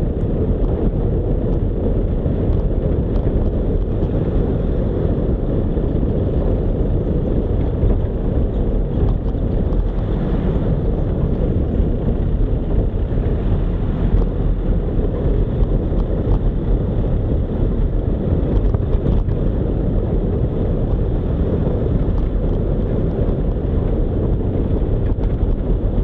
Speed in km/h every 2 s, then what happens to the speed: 34, 34, 33, 31, 30, 29, 30, 31, 31, 32, 33, 34, 35.
0-26 steady at about 32.